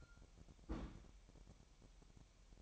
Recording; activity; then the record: daily activity, microphone in the room; place on stove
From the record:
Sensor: 1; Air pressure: 1012.1 hPa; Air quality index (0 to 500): 220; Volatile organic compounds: 5 ppm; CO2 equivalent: 1758 ppm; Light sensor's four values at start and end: 65/154/65/67 and 65/154/65/67